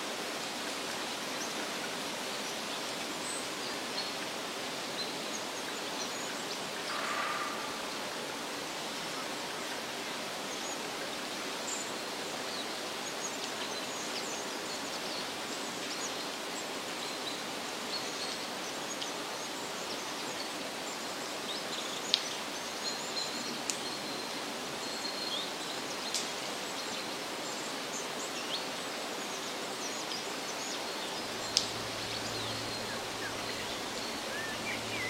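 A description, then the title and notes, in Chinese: Woodland ambience with a steady soft hiss, sparse faint high chirps, a couple of sharp clicks near 22 and 31 seconds, then a low hum. 森林之声｜林地环境，鸟鸣｜白噪音。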